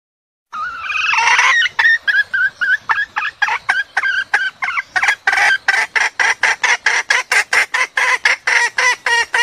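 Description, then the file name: Junglefowl mating call beginning with a rough, wavering squawk that turns into a rapid, uneven series of sharp clucks. Female junglefowl calling to solicit mating. "suara ayam hutan betina minta kawin"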